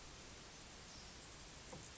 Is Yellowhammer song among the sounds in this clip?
no